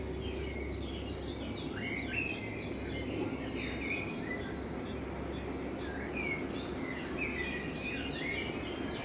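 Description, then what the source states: Common blackbird song, short fluty warbling phrases with gaps between them, over a constant low rumble. Blackbird in front of the recordist's window; binaural recording made with a self-built dummy head, meant for headphone listening.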